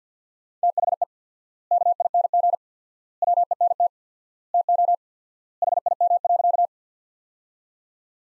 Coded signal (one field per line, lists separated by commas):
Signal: Morse code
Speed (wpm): 50 wpm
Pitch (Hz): 700 Hz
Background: none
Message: THE KING WENT TO HIM.